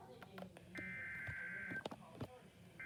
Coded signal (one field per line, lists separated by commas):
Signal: Emergency Alert System (SAME) tones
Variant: header bursts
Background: speech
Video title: Weather radio:MISSED DOUBLE HEADER severe thunderstorm warning and special marine warning EAS III-IV